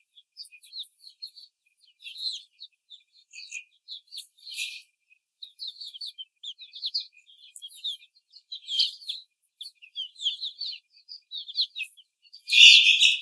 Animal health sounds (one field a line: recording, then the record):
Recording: young laying hens in a cage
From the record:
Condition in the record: before the stressor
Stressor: simulated dog barking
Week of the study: 4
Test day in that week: 3